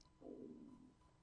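A low, gurgling rumble swells for about half a second, then fades out over quiet room noise. This is an adult's stomach growling (borborygmi), picked up by a microphone in the room: ordinary gut sounds from gas and fluid moving through the intestines.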